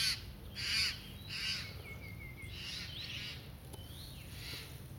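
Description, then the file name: Eurasian jay giving several harsh, rasping screeches, loudest at first, then fainter, over a low rumble. "Garrulus glandarius"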